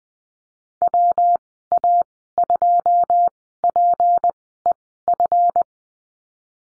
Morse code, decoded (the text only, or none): WA2PEF